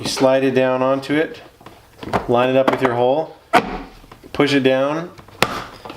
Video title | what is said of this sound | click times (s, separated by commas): WATCH THIS! Before buying a Workshop Vac | It's all one piece and it all just snaps right in. | 5.4 s